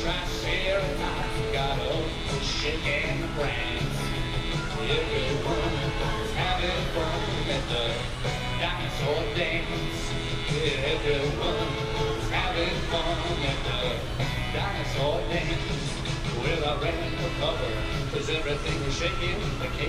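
A walk through Animal Kingdom, with a steady dense crowd murmur of many overlapping voices, occasional louder calls and a low rumble underneath.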